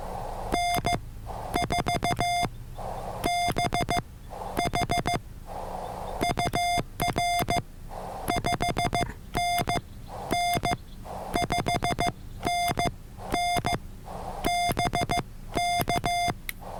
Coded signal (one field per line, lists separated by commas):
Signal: Morse code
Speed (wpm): 15 wpm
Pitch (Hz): 700 Hz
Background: none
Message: N4BH UR 5NN 5NN BK